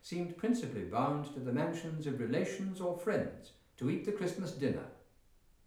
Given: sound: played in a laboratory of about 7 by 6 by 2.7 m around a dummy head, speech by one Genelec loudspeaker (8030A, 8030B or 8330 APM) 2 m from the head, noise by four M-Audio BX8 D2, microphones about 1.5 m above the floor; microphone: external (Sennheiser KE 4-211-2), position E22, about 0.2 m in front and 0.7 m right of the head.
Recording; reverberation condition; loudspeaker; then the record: male speech in English; medium; 30 degrees to the left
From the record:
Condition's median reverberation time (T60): about 510 ms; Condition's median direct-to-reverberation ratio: about -0.5 dB